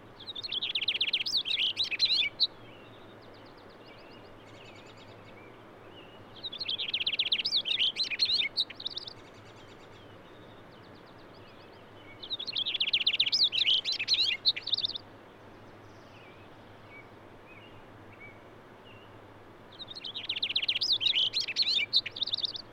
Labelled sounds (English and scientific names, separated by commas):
Cassin's Finch (Haemorhous cassinii) song